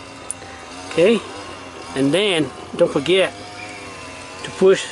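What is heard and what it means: On a 2007 Sienna back door, the red wire's terminal is pushed into the connector housing the same way as the black one, and a single sharp click at 0.3 s shows it has seated. Someone talks afterward.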